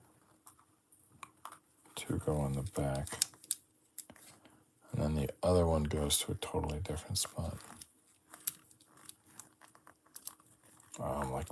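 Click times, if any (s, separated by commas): none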